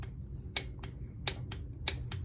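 A click-type torque wrench set to 14 tightens a connecting rod cap nut on a B18C1 bottom end from a 94-01 Acura Integra GSR 1.8 VTEC engine. Sharp clicks at 0.6, 1.3 and 1.9 seconds, each followed by a quieter snap, sound over a low steady hum. The wrench clicks at its setting, confirming the nut has reached the set torque.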